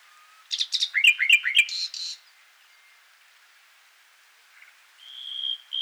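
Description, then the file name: Common nightingale phrase of quick chattering and rattling notes with a buzzy end, then silence and two drawn-out pure whistles. "Luscinia megarhynchos"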